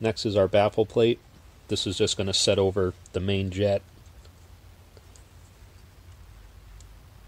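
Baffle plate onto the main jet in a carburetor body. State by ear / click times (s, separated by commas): seated / 6.8 s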